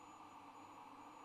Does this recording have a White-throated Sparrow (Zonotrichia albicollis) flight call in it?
no